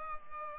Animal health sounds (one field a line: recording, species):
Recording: mosquito wingbeat signal from an infrared sensor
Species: Culex pipiens